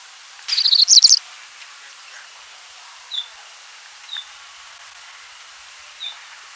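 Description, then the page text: Cinnamon-breasted Bunting song: one rapid phrase of high chirped notes at the start, followed by three soft, thin single notes. "Cinnamon-Breasted Bunting Song. Quick Sounds"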